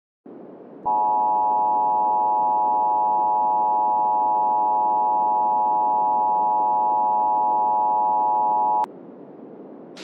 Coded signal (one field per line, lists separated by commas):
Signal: Emergency Alert System (SAME) tones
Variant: 853 and 960 Hz attention tone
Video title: 15:05 - A Virus EAS Scenario